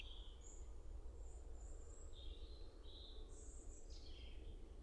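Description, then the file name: European robin song, faint high whistled phrases of sustained thin notes at shifting pitches over a steady low rumble. "Erithacus rubecula"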